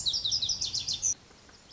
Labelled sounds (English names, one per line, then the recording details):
Lazuli Bunting
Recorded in Sonoma County, California